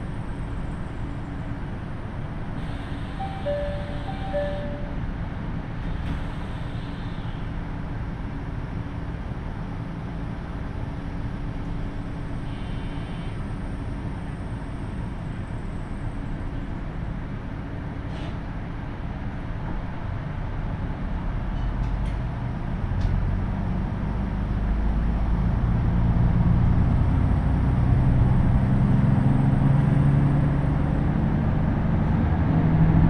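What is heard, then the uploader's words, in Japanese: A KiHa 75 diesel train runs on the Takayama Line, a steady low rumble that swells and deepens in the final ten seconds. 高山本線 岐阜→美濃太田（キハ75）。車両はキハ75系で快速みえ号にも使われています。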